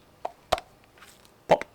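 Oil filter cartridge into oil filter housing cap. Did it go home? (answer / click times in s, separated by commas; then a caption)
yes / 0.5 s. A new paper oil filter cartridge for a Mercedes C220 CDI W203 with the OM646 engine is pressed down lightly into its plastic oil filter housing cap, then pushed home. A faint tap at 0.3 s is followed by a sharp, loud click at 0.5 s as the cartridge snaps into place, and another strong double knock comes at 1.5 s. The cartridge is seated in the housing cap.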